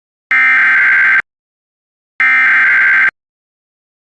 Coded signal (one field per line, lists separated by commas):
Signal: Emergency Alert System (SAME) tones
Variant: header bursts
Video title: EAS #721 Immediate Evacuation